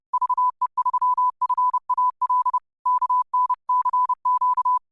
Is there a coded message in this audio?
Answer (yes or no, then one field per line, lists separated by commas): yes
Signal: Morse code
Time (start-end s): 0.1-4.8 s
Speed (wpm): 30 wpm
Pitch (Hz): 1000 Hz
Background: none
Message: VE3FAL K NCQ